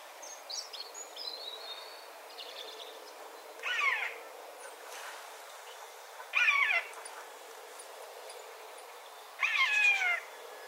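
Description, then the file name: Eurasian jay calls: three harsh, mewing cries spaced roughly three seconds apart, with faint high chirps of other birds near the start. "Garrulus glandarius"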